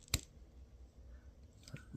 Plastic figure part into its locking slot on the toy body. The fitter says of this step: you're going to you're going to hear a click hear that